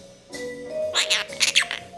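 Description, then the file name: Monk parakeet chatter: a soft opening, then a rapid series of scratchy, clicking and squeaky notes tumbling together over a faint hum. Chattering (talking) and singing. "popugai kvaker monax kalita boltaet i poyot"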